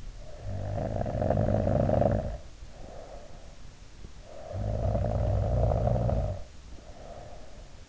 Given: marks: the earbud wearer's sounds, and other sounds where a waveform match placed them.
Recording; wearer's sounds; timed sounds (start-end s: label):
sounds in sleep by an in-ear microphone; snoring breath
0.04-3.67 s: snoring breath
4.27-7.89 s: snoring breath